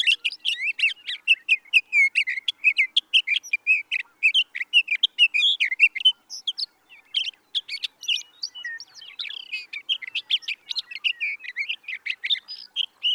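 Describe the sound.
Sage thrasher singing a long, rambling series of quick warbled notes, with a short pause partway through before the stream resumes.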